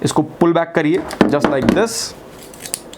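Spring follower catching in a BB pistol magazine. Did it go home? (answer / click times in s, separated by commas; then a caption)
yes / 2.7 s. The spring-loaded follower in the magazine of a metal BB pistol is pulled back until it locks in place by itself. Someone talks for the first two seconds, then small handling sounds lead to a sharp metallic click at 2.7 s as the follower catches and locks.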